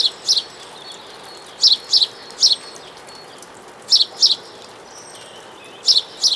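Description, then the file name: House sparrow calling with loud, sharp chirps, mostly in doubles or threes, at irregular intervals over a quiet hiss. "Passer domesticus"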